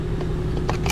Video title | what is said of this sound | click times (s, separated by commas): Chevy Malibu vacuum pump and valve cover gasket | snap that in right there | 0.7 s